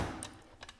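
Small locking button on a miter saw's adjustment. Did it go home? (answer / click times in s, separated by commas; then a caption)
released / 0.2 s. A small locking button on a miter saw's adjustment is released and clicks open with a sharp tick at 0.2 s. Two softer ticks follow at about 0.6 and 0.7 s. No one speaks.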